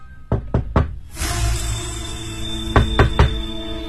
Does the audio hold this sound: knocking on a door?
yes